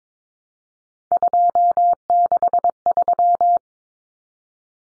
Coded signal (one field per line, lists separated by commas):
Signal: Morse code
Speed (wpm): 22 wpm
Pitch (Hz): 700 Hz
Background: none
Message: 263